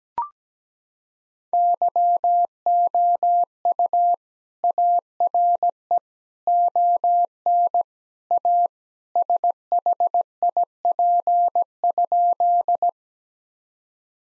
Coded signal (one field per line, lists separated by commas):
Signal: Morse code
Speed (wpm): 17 wpm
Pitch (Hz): 700 Hz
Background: none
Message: YOU ARE ON A SHIP?